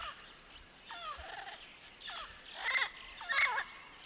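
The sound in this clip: Amazon parrot calls: harsh, harmonic squawks with bending pitch, a few scattered early and two louder ones near the end, over a steady high drone.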